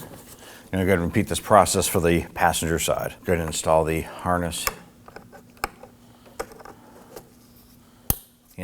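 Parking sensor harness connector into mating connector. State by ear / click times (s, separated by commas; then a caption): seated / 8.1 s. Someone talks while working on the parking assist sensors of a 2003–2014 Volvo XC90, then pushes the parking sensor wiring harness connector into its mating connector. A few small handling ticks follow, and a sharp, bright click at 8.1 s marks the connector latching and locking into place.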